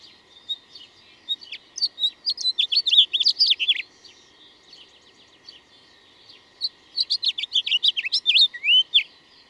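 Bird song in two bursts of fast, varied chirps and twittering notes separated by a few seconds of quiet.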